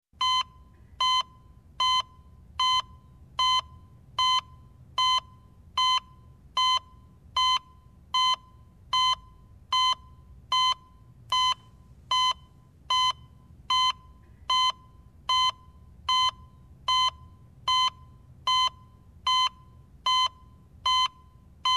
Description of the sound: Electrocardiogram normal heartbeat.